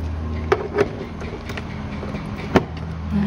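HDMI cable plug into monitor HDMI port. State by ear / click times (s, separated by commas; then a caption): seated / 2.6 s. An HDMI cable coming from a VGA-to-HDMI converter is pushed into a monitor's HDMI port. Two short knocks are heard at about 0.5 and 0.8 seconds over a low background hum, then a sharp click at 2.6 seconds as the plug seats in the port.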